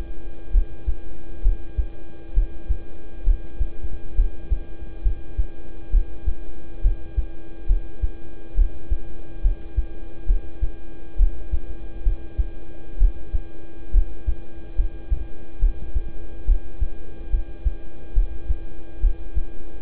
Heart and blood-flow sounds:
heart sounds by stethoscope; between the tricuspid and mitral areas; 68 bpm
0.51 s: heartbeat
1.42 s: heartbeat
2.33 s: heartbeat
3.24 s: heartbeat
4.15 s: heartbeat
5.02 s: heartbeat
5.90 s: heartbeat
6.81 s: heartbeat
7.66 s: heartbeat
8.55 s: heartbeat
9.41 s: heartbeat
10.26 s: heartbeat
11.16 s: heartbeat
12.03 s: heartbeat
12.98 s: heartbeat
13.91 s: heartbeat
14.75 s: heartbeat
15.59 s: heartbeat
16.45 s: heartbeat
17.30 s: heartbeat
18.13 s: heartbeat
19.00 s: heartbeat
From the record:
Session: rest, lying down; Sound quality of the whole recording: good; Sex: male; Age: 26 years

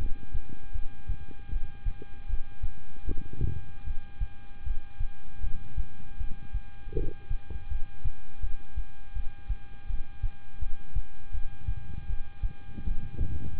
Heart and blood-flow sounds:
heart sounds by stethoscope; between the tricuspid and mitral areas; 79 bpm
0.72 s: heartbeat
1.50 s: heartbeat
2.27 s: heartbeat
3.05 s: heartbeat
3.84 s: heartbeat
4.64 s: heartbeat
5.41 s: heartbeat
6.18 s: heartbeat
6.94 s: heartbeat
7.68 s: heartbeat
8.41 s: heartbeat
9.13 s: heartbeat
9.87 s: heartbeat
10.59 s: heartbeat
11.32 s: heartbeat
12.07 s: heartbeat
12.84 s: heartbeat
13.58 s: heartbeat
From the record:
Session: rest, lying down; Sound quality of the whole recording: good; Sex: male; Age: 26 years

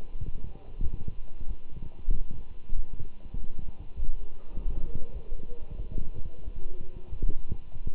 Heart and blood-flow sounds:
heart sounds by stethoscope; between the tricuspid and mitral areas; 96 bpm
0.20 s: heartbeat
0.82 s: heartbeat
1.47 s: heartbeat
2.13 s: heartbeat
2.76 s: heartbeat
3.36 s: heartbeat
3.96 s: heartbeat
4.55 s: heartbeat
5.12 s: heartbeat
5.77 s: heartbeat
6.45 s: heartbeat
7.11 s: heartbeat
7.74 s: heartbeat
From the record:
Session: walking at 3.7 km/h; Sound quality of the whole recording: good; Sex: male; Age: 24 years

